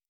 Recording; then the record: hydrophone in a shrimp aquaculture tank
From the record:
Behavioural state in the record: normal